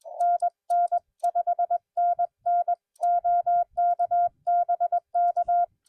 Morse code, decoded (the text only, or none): NN 5NN OK BK